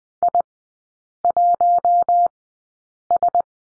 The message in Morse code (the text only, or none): I1S